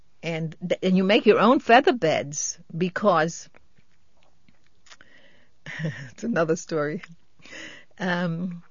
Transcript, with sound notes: And you make your own feather beds, because -- ( she laughs ) that's another story. Um,